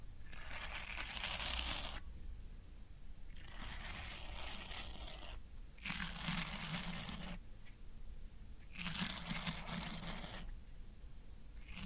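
Floral foam is scraped and crunched in four bursts of about a second and a half each, separated by short pauses. Each burst is a dense, bright, gritty rasp; the middle two carry a low rumbling undertone. A steady low hum continues underneath throughout.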